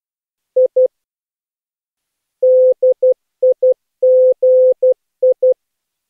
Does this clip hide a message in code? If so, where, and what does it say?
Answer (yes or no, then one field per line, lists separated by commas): yes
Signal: Morse code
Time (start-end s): 0.6-5.5 s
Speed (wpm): 14 wpm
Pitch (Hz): 510 Hz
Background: none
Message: I DIGI